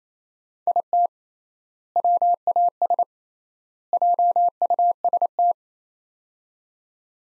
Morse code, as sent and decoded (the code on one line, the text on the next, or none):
.. - / .-- .- ... / .--- ..- ... -
IT WAS JUST